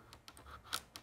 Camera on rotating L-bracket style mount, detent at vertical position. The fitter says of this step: there's a little vertical click